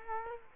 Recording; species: mosquito wingbeat signal from an infrared sensor; Culex quinquefasciatus